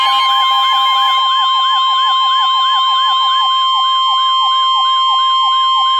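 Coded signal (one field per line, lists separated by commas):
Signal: Emergency Alert System (SAME) tones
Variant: 1050 Hz attention tone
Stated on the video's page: Flash Flood Warning and Severe Thunderstorm Warning received from NOAA Weather Radio station serving Milwaukee, Wisconsin.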